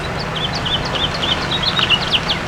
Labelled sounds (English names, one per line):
House Finch song